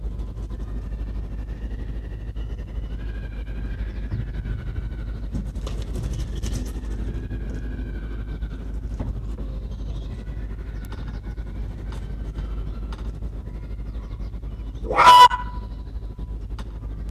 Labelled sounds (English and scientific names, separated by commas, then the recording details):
Arctic Fox (Vulpes lagopus) barking
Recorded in captivity
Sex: male
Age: adult
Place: Zoologisches Institut der HUB, Berlin, DE
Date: 1957-04-06 15:30
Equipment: Elmetra
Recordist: Tembrock, Günter